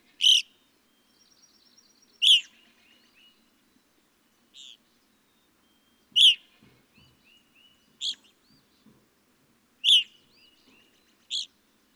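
Evening grosbeak calls, a series of loud ringing chirps at uneven intervals, with softer notes between.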